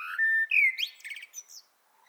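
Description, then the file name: Common blackbird: a steady fluted whistle, an upward-sliding note, then a scratchy high twitter ending the short phrase. "Turdus merula"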